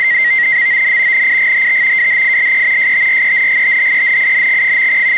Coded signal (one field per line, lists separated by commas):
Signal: NAVTEX (SITOR-B)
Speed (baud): 100 baud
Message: MON NIGHT WHILE STRENGTHENING.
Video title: NAVTEX Broadcast from station NME, Charleston SC on 518 KHz